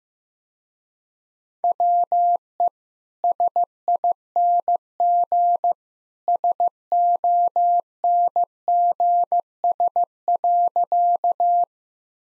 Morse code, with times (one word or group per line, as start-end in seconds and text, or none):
1.6-2.7 WE
3.2-5.7 SING
6.3-11.6 SONGS.